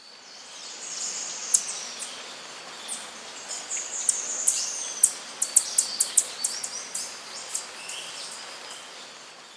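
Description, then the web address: Rufous-throated tanager calls: sharp, very high ticking notes, scattered at first, then a quicker irregular burst midway. Recorded in Ecuador. "Birds of Ecuador. Rufous-throated Tanager"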